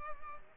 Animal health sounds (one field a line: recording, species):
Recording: mosquito wingbeat signal from an infrared sensor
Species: Culex pipiens